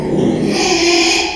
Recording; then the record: squeal of a Yucatan mini pig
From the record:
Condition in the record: after surgery on the right vocal fold (resection and tissue-engineered implant); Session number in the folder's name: 2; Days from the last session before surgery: 13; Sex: male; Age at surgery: 12 weeks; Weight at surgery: 13 kg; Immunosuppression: cyclosporine, prednisolone